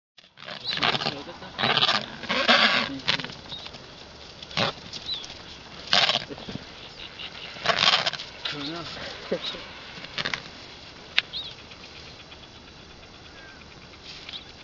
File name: Manchots adelie